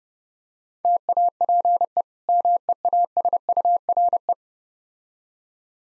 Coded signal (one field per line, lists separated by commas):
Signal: Morse code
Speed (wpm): 32 wpm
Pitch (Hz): 700 Hz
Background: none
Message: TAPE MEASURE